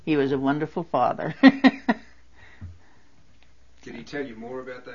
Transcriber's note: she laughs